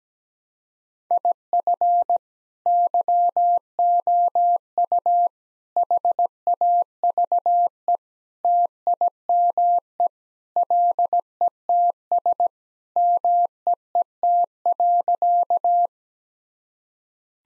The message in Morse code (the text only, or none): IF YOU HAVE TIME LETS MEET.